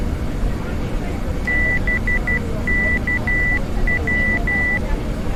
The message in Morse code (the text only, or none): BKW